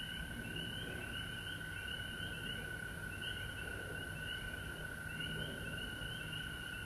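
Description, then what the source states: Frogs trill together in a constant chorus, with short chirps above the steady drone and a low hum below. Recorded at home in Georgia on March 19, 2020.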